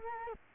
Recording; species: mosquito wingbeat signal from an infrared sensor; Culex quinquefasciatus